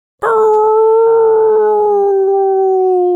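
A single loud, drawn-out howl from the creature in an arena hall, on one steady tone that sinks slightly in pitch as it holds for about three seconds, with no talking or other sounds around it.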